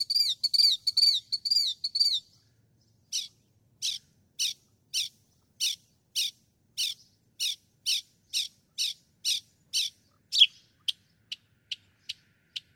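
Northern mockingbird song: a rapid burst of high, bright notes, then a long series of repeated sharp chips at steady intervals, ending in shorter thin notes.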